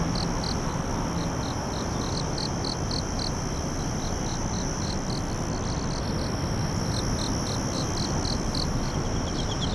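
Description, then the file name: Insect song: high, short chirps in a regular pulsed series over a steady thin whine, with constant loud background noise throughout. "singing of insect"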